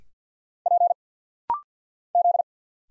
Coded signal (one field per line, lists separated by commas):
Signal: Morse code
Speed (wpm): 50 wpm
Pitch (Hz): 700 Hz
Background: none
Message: P Z